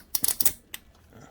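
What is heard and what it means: On a Kubota BX23S, a power cord plug lined up on its flat sides is pushed onto the engine block heater element and locks in with a sharp click at 0.1 s. A few more quick clicks and rattles follow before about 0.5 s, then a single tick near 0.7 s. The plug holds good and tight.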